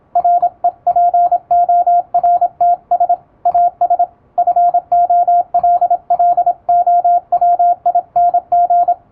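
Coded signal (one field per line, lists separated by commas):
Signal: Morse code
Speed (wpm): 26 wpm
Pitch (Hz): 700 Hz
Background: radio noise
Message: REPORTS AS FOLLOWING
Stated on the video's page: Morse sent with an electronic keyer at high speed, practice text from an English-language telegram practice book, sent by a first-class radiotelegraph operator.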